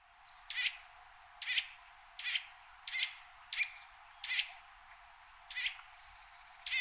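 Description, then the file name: Eurasian nuthatch calling with clipped whistled notes repeated less than a second apart, with one longer pause. "Sitta europaea"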